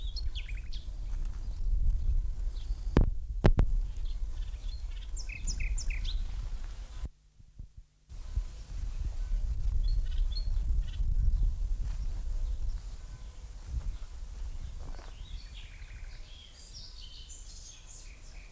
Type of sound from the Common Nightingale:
song